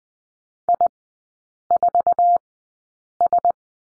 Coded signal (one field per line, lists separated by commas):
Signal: Morse code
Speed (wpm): 20 wpm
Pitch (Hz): 700 Hz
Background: none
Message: I4S